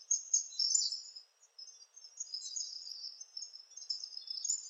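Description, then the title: Palm tanager giving a rapid jumble of high, sibilant squeaks, a brief pause, then more continuous twittering chatter. "Sanhaçu-do-coqueiro (Tangara palmarum)"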